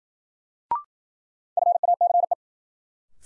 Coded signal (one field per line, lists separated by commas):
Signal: Morse code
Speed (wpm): 53 wpm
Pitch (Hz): 700 Hz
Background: none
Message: FACE